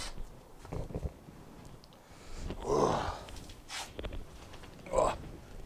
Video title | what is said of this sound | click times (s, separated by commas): Suzuki Jimny rear bumper removal hack, walkthrough with step by step instructions | just popped out two put my gloves on | 4.0 s, 4.1 s